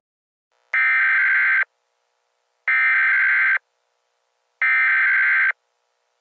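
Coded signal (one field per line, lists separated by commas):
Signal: Emergency Alert System (SAME) tones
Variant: header bursts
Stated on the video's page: Fictional Emergency Alert System scenario featuring legendary and unique attacks.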